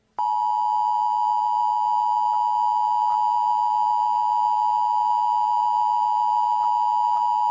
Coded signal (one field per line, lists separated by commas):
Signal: Emergency Alert System (SAME) tones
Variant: 853 and 960 Hz attention tone